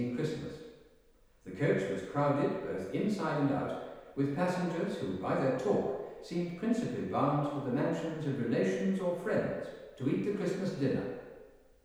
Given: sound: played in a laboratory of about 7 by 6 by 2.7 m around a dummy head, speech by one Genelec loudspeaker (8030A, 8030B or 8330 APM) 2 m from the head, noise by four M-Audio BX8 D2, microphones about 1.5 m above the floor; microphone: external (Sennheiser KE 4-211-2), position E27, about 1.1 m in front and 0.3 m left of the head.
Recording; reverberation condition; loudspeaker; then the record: male speech in English; high; 90 degrees to the right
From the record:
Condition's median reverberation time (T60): about 1300 ms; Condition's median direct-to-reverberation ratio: about -4.0 dB